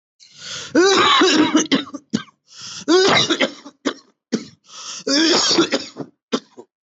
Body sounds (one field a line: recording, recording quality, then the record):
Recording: heavy voluntary cough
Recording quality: excellent, no background noise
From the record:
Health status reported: healthy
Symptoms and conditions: none ticked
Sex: male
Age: 35 years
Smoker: not ticked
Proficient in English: yes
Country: India